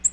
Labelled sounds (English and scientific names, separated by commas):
Nashville Warbler (Leiothlypis ruficapilla) flight call